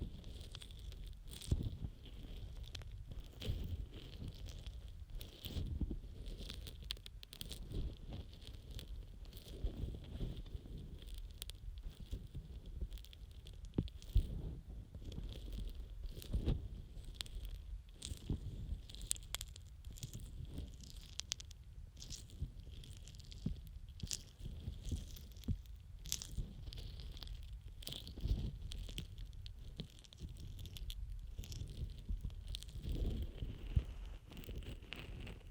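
Ear massage sounds: steady rubbing, stroking and scrubbing with a soft, low, muffled texture and a faint hiss above. Brief tapping and crunchy bursts recur every second or two throughout, with a thin steady tone running in the background.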